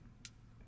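A spring is pushed a second time onto the metal bolt of a paintball marker and clips on with one sharp click at 0.3 s over a low, steady hum. The spring is seated and now holds onto the bolt.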